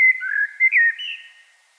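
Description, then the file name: Common blackbird song fragment: a short run of clear, fluted whistles that wavers up and down, then fades quickly. "Turdus merula"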